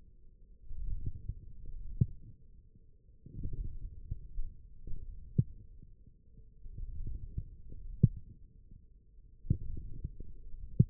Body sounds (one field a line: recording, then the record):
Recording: forearm muscle sounds (acoustic myography)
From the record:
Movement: forearm pronation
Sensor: system 1, eight BSWA MPA416 microphones around the upper forearm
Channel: 4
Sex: male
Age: 20 years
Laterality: left